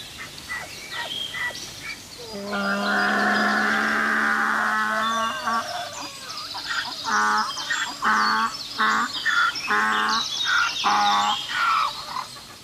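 Donkey bray: a long, drawn-out note, then a run of several rhythmic alternating hee-haw gasps, loud and harsh.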